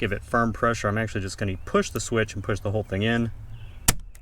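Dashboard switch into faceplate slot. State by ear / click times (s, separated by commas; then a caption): seated / 3.9 s. A plastic dashboard switch on a Toyota Tacoma, with tabs on its top and bottom, is pushed firmly back into its faceplate slot after an LED bulb swap while someone talks. A sharp click at 3.9 s marks the switch seating into place, followed by a couple of faint ticks.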